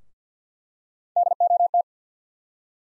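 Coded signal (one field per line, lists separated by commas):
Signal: Morse code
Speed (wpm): 50 wpm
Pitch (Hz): 700 Hz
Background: none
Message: DOT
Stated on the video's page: Morse practice of three-letter USA callsign postfixes at 50 wpm for head copy.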